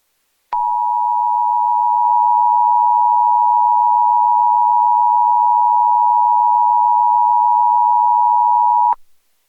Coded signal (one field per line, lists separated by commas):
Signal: Emergency Alert System (SAME) tones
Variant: 853 and 960 Hz attention tone